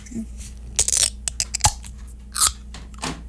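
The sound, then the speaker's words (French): Several sharp metallic taps on the side of a Monster Energy Java Monster Coffee Mean Bean drink can, then the crack of its tab and a short fizzy hiss as it opens, all fairly quiet with brief gaps between sounds. “Et on va écouter l'ouverture d'une canette de Monster Energy Java Monster Coffee Mean Bean.”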